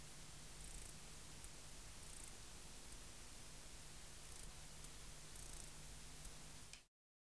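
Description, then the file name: Ancistrura nigrovittata call, very high faint buzzy chirps and single ticks at irregular intervals over low steady hum, ending in silence. "Ancistrura nigrovittata"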